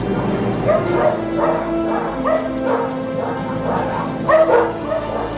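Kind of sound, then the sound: animal, dog barking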